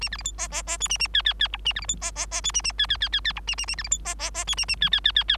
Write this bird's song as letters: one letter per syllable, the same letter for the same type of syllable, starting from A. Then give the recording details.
A B C D E E E F A A G G G H A B C D E E E F A A G G G G G H A A A B C D E E E F A A G G G G G. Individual Bird3